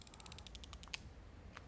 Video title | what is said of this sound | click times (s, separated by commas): 기적의 비만약 위고비 "이렇게 사용해야 살이 쫙 빠집니다!" 위고비 효과, 부작용, 추천, 가격 등 총정리 | こんなふうに音が聞こえます針をすぐに抜いてはいけませんこの状態で10秒数えてください | 0.2 s, 0.3 s, 0.4 s, 0.5 s, 0.9 s